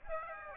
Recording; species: mosquito wingbeat signal from an infrared sensor; Aedes aegypti